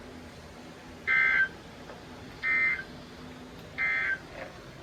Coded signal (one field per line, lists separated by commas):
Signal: Emergency Alert System (SAME) tones